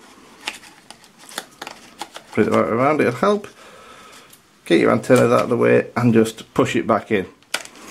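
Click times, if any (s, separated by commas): 7.5 s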